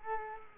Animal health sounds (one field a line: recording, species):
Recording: mosquito wingbeat signal from an infrared sensor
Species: Culex quinquefasciatus